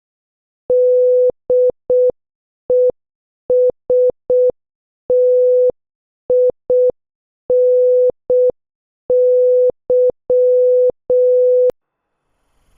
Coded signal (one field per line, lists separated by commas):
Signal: Morse code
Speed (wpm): 6 wpm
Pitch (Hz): 500 Hz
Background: none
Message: DESTINY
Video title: 14. Morse Code Challenge | Practice with your favorite Movie Dialogues | 6 WPM